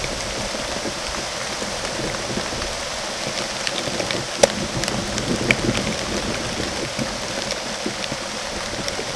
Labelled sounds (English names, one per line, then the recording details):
none
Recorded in secondary vegetation near Puerto Asís, Putumayo, Colombia, on 24 June 2025 at 13:30
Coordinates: 0.489, -76.322
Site G021